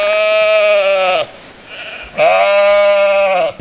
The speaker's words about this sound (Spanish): ¿Quién no reconoce el balido de una oveja iraní en el celo bajo las gélidas noches de invierno?